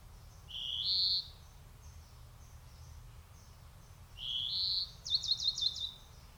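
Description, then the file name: European greenfinch giving two buzzy, slightly rising nasal notes a few seconds apart, followed by a short rapid trill at the end. "Chloris chloris"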